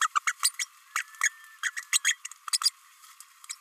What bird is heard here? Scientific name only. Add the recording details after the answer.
Forpus passerinus. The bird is a female. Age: 29 days. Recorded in a nest box in Venezuela. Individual 17B32A5